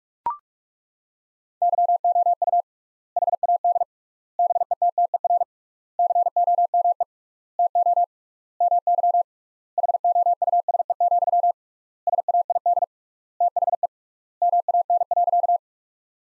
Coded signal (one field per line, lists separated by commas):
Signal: Morse code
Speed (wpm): 42 wpm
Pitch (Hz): 700 Hz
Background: none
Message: YOU HAD BETTER COME TO MY HOUSE, SAID THE MAN.